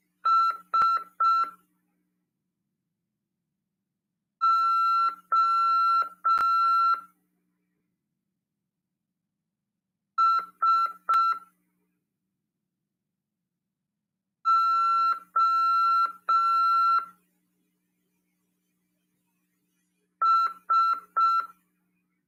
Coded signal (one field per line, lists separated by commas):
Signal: Morse code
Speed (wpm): 5 wpm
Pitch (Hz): 1350 Hz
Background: none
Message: S O S O S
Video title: RADIOAMADOR 2ªEd. 16/1/2023 "AULA 5 CW, LEGIS e C.RODADA" PY2EXU PAULO SP/SP CRASP FM 146.410 Mhz.